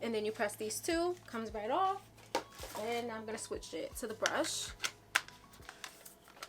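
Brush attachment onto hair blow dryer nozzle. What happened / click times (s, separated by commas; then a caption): The attachment is being handled but has not yet seated / none. Someone talks while pressing the two buttons on the front of a hair blow dryer to release the diffuser, which comes right off, and then handles the plastic brush attachment to push it onto the dryer nozzle. Short plastic taps and knocks follow, the sharpest near 5.2 s. The brush attachment has not seated or clicked yet.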